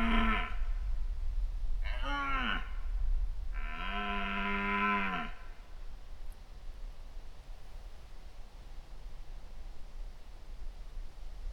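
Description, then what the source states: Deer roars: a clipped roar at the start, a short one, then a longer harmonic bellow that drops in pitch at its end, followed by quiet with low rumbling background. Roaring during the mating season in Poland, in September.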